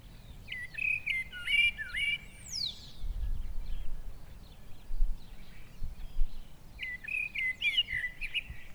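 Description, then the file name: Eurasian blackbird song: two separate whistled phrases, the first closing in a thin, high, squeaky flourish, with a quiet pause between and low background noise. "Turdus merula"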